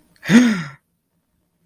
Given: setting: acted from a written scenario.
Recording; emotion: vocal sound without words; embarrassment